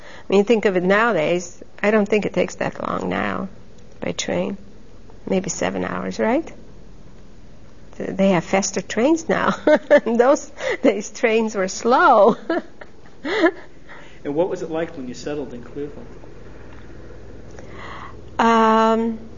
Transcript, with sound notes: When you think of it nowadays, I don't think it takes that long now by train. Maybe seven hours, right? They have faster trains now. ( she laughs ) In those days trains were slow.
And what was it like when you settled in Cleveland?